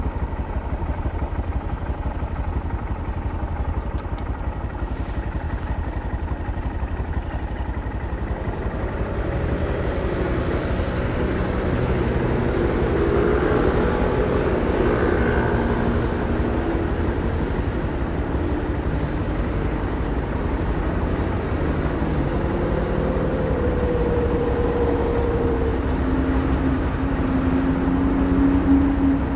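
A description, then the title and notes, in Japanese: A motorbike ride with a steady low engine rumble and constant rushing noise, the engine pitch rising and falling after ten seconds. 無言でバイクを走らせました。周りの車の音なども入っています。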